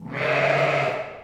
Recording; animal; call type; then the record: contact call of a hoofed animal; sheep; low-frequency (closed-mouth) or high-frequency (open-mouth) call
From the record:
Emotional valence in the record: negative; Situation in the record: short social isolation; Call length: 1.24 s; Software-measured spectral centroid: 1780 Hz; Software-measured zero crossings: 2170 a second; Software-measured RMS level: -23 dBFS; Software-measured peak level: -9 dBFS